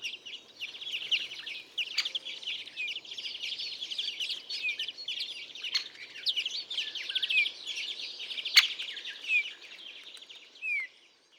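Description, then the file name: European greenfinch calls: steady, fairly soft twittering and trilled chatter with a few sharp clicks, ending with a brief separate note. "Chloris chloris"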